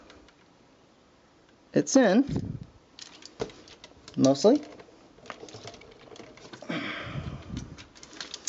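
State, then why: Not seated. A plastic combiner limb connector is pushed into the torso port of a Warbotron WB 01E Fierce Attack transforming robot toy as someone talks. Light plastic taps and rattles come around 3.0–3.8 s, 5.3–5.7 s and 8.0–8.5 s. The part has not clicked into place yet, though its locking button shows through and it sits in enough to hold.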